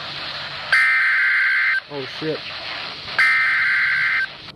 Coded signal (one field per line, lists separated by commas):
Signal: Emergency Alert System (SAME) tones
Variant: header bursts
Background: speech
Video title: NOAA - 2 FFWs (EAS #1,361-1,362)